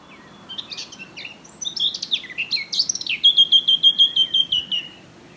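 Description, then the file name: Eurasian blackcap song: a scratchy, hurried warble of varied high notes that breaks into a loud run of clear, repeated fluty notes, slightly falling toward the end. "Sylvia atricapilla"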